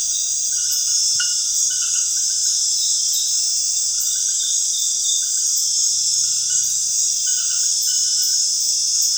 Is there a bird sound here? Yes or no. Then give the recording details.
no. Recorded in secondary vegetation near Puerto Asís, Putumayo, Colombia, on 23 June 2025 at 19:30. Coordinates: 0.498, -76.327. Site GP09